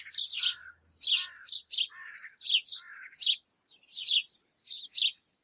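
Bird calling in lively bursts of high chirps mixed with lower, slurred buzzy notes, delivered in an uneven series throughout.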